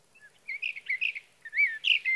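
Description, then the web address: Sage thrasher warbling in short bursts of slurred notes, with a brief pause before louder closing phrases. "birdsongforthecurious Sage Thrasher"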